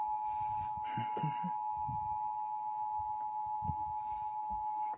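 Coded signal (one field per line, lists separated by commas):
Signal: Emergency Alert System (SAME) tones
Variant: 853 and 960 Hz attention tone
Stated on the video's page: Severe thunderstorm warning aired on NJPBS.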